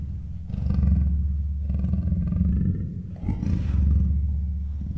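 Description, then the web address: Leopard growling: a deep, rough rumble held for over two seconds, a short break, then a second long throaty growl. Male and female leopards, captive in a zoo in Miskolc, 2009; growling and muffled cries. "allathangok miskolcizoo 2009 standardt leopard himnosteny morgasfojtottkialtas"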